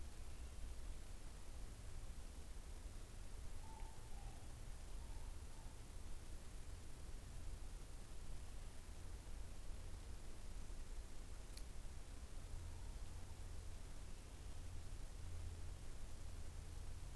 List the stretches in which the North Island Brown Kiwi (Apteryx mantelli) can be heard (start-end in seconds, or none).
none